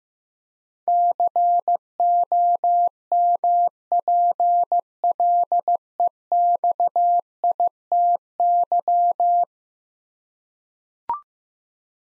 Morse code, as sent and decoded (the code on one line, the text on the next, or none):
-.-. --- -- .--. .-.. . -..- .. - -.--
COMPLEXITY